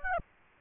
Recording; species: mosquito wingbeat signal from an infrared sensor; Aedes aegypti